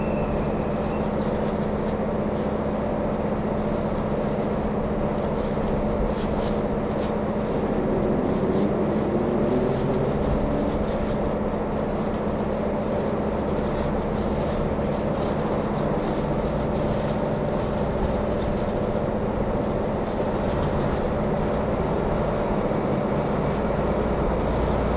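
The KiHa 183 series Asoboy train rumbles along with a steady low engine drone and a constant hum, its noise unchanging throughout.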